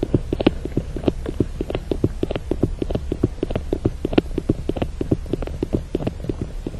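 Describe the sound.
Beaver sounds of activity: uneven bursts of dull crunching clicks, some louder than others, over a low steady rumble.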